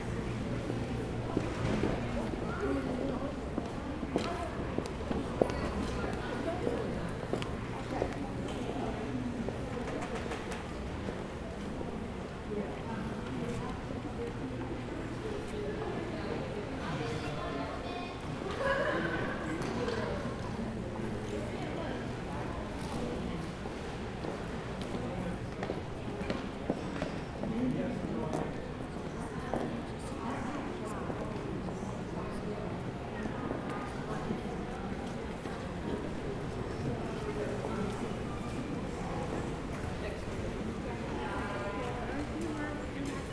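A busy museum lobby fills with a steady wash of overlapping voices, many people talking at once without any single speaker standing out. Footsteps and small knocks pop up throughout, and a low hum runs underneath during the first ten seconds.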